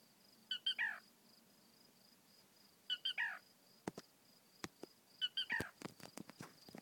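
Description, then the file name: Black rail calling: a three-note phrase of two sharp high notes and a lower slurred note, heard three times about every two and a half seconds, over a faint steady hum and scattered clicks. West Virginia. "WV Black Rail"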